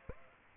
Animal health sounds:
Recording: mosquito wingbeat signal from an infrared sensor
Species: Aedes aegypti

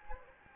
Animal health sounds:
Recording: mosquito wingbeat signal from an infrared sensor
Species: Anopheles gambiae

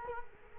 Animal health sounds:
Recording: mosquito wingbeat signal from an infrared sensor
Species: Culex quinquefasciatus

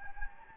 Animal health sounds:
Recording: mosquito wingbeat signal from an infrared sensor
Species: Anopheles gambiae

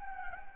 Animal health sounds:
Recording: mosquito wingbeat signal from an infrared sensor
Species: Anopheles gambiae

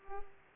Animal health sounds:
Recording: mosquito wingbeat signal from an infrared sensor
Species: Culex pipiens

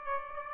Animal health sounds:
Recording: mosquito wingbeat signal from an infrared sensor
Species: Aedes aegypti

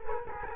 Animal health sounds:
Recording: mosquito wingbeat signal from an infrared sensor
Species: Culex quinquefasciatus

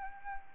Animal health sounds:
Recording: mosquito wingbeat signal from an infrared sensor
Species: Anopheles arabiensis

